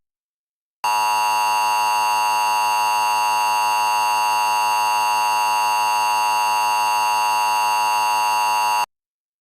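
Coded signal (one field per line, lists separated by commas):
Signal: Emergency Alert System (SAME) tones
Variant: 853 and 960 Hz attention tone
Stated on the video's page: Mock multi-part hybrid alert scenario set in a fictional film universe, simulated not real; audio may be unusually loud.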